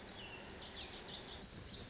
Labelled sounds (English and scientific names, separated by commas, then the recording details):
Lazuli Bunting (Passerina amoena)
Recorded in Sonoma County, California